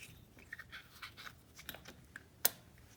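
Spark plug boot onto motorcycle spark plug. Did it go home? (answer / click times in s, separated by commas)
yes / 2.5 s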